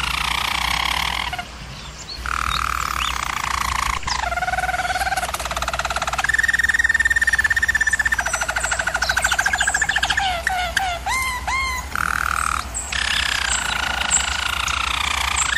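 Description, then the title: German Roller canary song: rolling trills and sustained tours, low gurgling rolls alternating with higher buzzy trills and quick looping whistled notes, with brief pauses and a steady low hum. German Roller canary singing, for canary training. "German Roller Canary Singing - Canary Training Vid"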